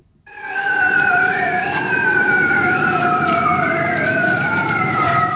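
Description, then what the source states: Bearded seal call underwater: a long, wavering, whistle-like tone with strong harmonics, sustained after a brief silent start, over low background noise. Bearded seals breeding, recorded underwater in the Arctic Ocean.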